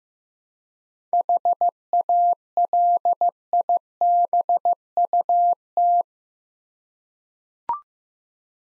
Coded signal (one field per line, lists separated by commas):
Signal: Morse code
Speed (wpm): 15 wpm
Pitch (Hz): 700 Hz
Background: none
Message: HALIBUT